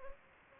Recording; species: mosquito wingbeat signal from an infrared sensor; Anopheles gambiae